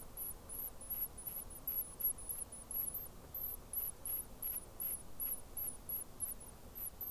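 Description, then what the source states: Rock wren chicks begging with many thin, very high squeaks in quick succession, over heavy low background noise. Chicks begging; New Zealand.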